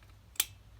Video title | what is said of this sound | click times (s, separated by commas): 2001-2005 YZ250 Fork Seal Replacement | click and it's in | 0.4 s